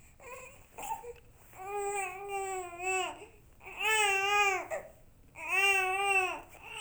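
An infant cries in three sustained wails of about a second and a half each, with short fussing sounds before them. The cry is clear, steady in pitch and falls off at the end of each wail.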